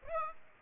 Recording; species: mosquito wingbeat signal from an infrared sensor; Aedes aegypti